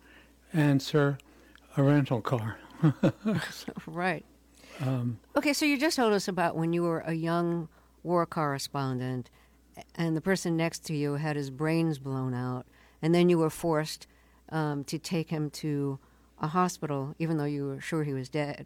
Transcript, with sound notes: Answer - a rental car (laughter).
Right. OK. So you just told us about when you were a young war correspondent, and the person next to you had his brains blown out, and then you were forced to take him to a hospital, even though you were sure he was dead.